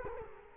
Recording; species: mosquito wingbeat signal from an infrared sensor; Culex quinquefasciatus